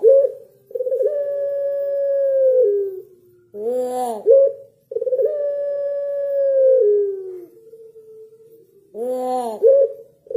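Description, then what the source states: Barbary dove with long sustained coos ending in a downward step, each phrase broken by a coarse arched rolling note, heard twice. White Barbary dove; used as training material for songbirds to copy.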